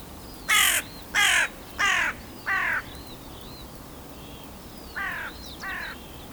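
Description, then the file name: Carrion crow giving harsh, grating caws, four in quick succession about two-thirds of a second apart, then a pause and two softer caws; thin whistled notes of other birds behind. "Corvus corone"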